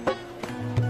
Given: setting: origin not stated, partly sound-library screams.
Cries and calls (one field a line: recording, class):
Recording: one-second piece from a danger detection set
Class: normal situation